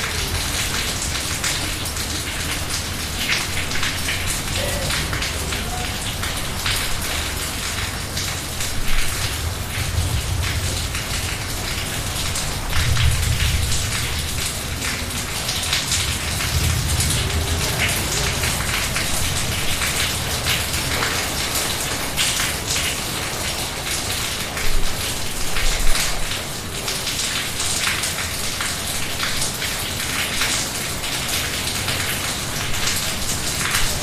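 A tropical rain shower pours down steadily and densely, with bright patter and soft low rumbles swelling around thirteen and seventeen seconds.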